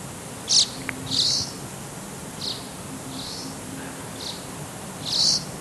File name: andean swallow